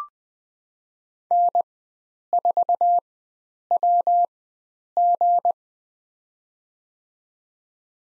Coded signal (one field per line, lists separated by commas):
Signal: Morse code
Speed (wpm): 20 wpm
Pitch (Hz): 700 Hz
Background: none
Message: N4WG